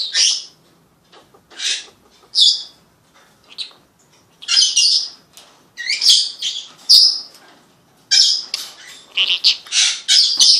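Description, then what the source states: Senegal parrot squawking repeatedly, harsh shrill bursts growing denser and more continuous toward the end. Senegal parrot talking.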